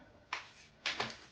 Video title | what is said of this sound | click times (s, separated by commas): je MONTE mon PREMIER PC!!!!!! | Et on vient appuyer pour entendre un petit clic. | 0.3 s, 0.9 s